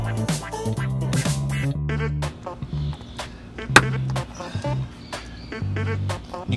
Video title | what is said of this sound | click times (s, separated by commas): Subaru Outback Wheel Arch Molding Installation | kind of hear it click in | 3.8 s